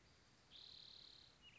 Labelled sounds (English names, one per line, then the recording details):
Spotted Towhee
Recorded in Sonoma County, California